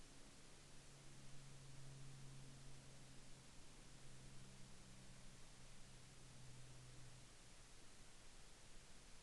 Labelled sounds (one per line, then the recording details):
aircraft
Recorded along the Dempster Highway, Canada, on 7 September 2020 at 21:24
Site 16